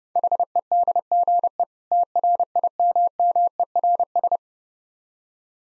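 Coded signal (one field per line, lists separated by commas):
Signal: Morse code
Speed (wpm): 31 wpm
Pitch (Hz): 700 Hz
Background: none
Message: HEDGE TRIMMERS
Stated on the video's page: Morse practice drill at 30 wpm of difficult words with contextual hints.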